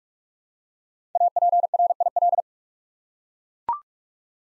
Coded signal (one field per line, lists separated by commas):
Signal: Morse code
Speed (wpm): 44 wpm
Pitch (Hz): 700 Hz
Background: none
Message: APRIL